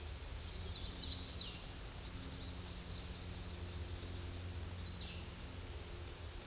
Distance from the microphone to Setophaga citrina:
about 45 m